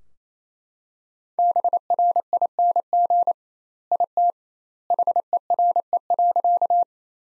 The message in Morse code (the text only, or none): BRING IT HERE.